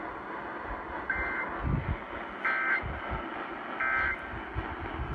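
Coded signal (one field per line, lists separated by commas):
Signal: Emergency Alert System (SAME) tones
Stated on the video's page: Alerts, including a PDS tornado warning, received from at least 700 miles away on a Sangean radio and a RadioShack 12-996.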